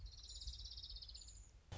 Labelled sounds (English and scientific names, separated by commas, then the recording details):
Orange-crowned Warbler (Leiothlypis celata)
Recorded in Sonoma County, California